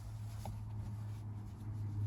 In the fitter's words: and once those are clipped in we can push down on the panel and it should snap back into place